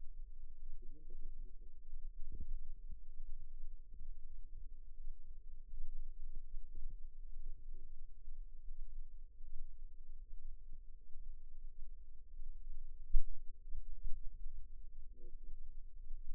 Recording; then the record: forearm muscle sounds (acoustic myography)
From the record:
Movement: rest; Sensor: system 2, bracelet of six BSWA MPA416 microphones around the upper forearm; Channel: 1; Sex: female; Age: 21 years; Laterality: right